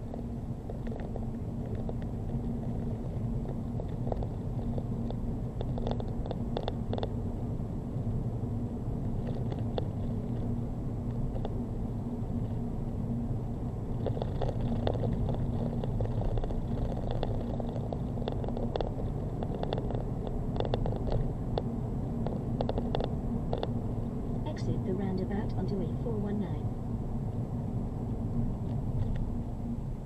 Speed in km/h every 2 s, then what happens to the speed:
29, 31, 34, 34, 34, 34, 34, 32, 37, 40, 40, 40, 35, 29, 21.
0-14 steady at about 34. 14-18 speeds up to 40. 22-30 slows to 21.